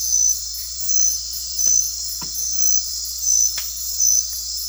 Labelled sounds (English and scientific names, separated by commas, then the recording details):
none
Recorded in dense forest near Puerto Asís, Putumayo, Colombia, on 9 March 2025 at 22:00
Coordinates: 0.503, -76.323
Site GP09